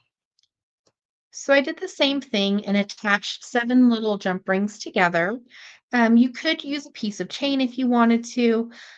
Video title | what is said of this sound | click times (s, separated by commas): How to make an Amazonite and Czech Glass necklace | And when the jump ring closes, you should hear a little click and you'll know it's secure. | 0.4 s